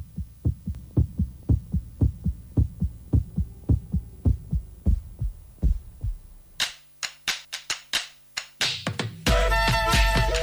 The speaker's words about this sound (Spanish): Escuchábamos los latidos del corazón